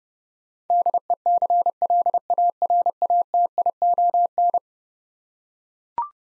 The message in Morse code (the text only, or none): DECLARATION